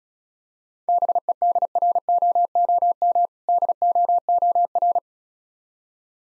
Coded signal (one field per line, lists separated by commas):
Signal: Morse code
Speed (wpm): 36 wpm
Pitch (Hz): 700 Hz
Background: none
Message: BEDROOM DOOR